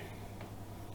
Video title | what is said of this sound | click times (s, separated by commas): วิธีเปลี่ยนหลอดไฟเพดานรถยนต์ด้วยตัวเอง ทำเองได้ง่ายๆ | ก็จะดังแก๊กๆนะครับก็โอเคเรียบร้อยลอง | 0.4 s